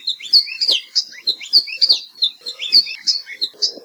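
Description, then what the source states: Maui alauahio song: a quick, busy warble of high chirps and slurred notes, running continuously throughout. Warbling song; honeycreeper found only on Maui, on Haleakala slopes above about 3,000 feet, mainly ohia forests, also pine and eucalyptus; creeps along trunks flipping bark for insects; territories 2 to 5 acres.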